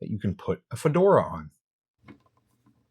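Someone talks for the first second and a half, then a few faint, short handling taps come around 2.1 s as a plastic fedora is worked onto the alternate sculpted head of a Mezco ONE:12 Collective Golden Age Joker action figure. Nothing has clicked or seated yet by the end of the clip.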